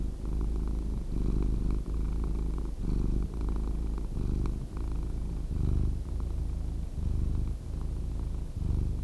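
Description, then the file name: Cat producing a continuous low purr, with rhythmic rumbling phases following each breath, even and steady throughout. "Cat Purring Sound"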